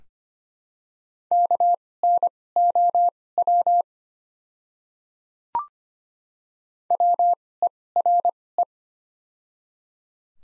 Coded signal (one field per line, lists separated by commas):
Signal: Morse code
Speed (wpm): 25 wpm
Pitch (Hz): 700 Hz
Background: none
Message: KNOW WERE